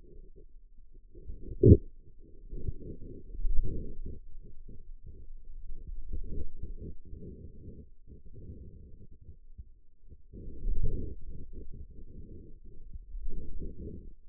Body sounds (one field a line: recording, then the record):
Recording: forearm muscle sounds (acoustic myography)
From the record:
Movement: wrist extension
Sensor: system 2, bracelet of six BSWA MPA416 microphones around the upper forearm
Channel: 3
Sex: male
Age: 22 years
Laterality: right